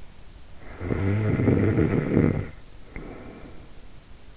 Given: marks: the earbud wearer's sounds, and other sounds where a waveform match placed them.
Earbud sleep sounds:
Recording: sounds in sleep by an in-ear microphone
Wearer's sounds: snoring breath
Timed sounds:
0.49-3.81 s: snoring breath

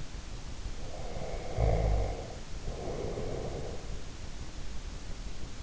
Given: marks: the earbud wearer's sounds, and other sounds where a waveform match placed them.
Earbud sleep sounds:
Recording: sounds in sleep by an in-ear microphone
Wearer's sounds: snoring breath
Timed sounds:
0.69-3.88 s: snoring breath

